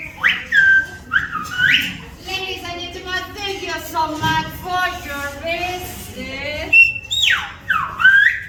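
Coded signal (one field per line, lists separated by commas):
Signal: whistled language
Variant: Silbo Gomero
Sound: loud gliding whistles rising and falling, then a voice talking, then more whistles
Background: man speaking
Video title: Whistled language in La Gomera, Canary Islands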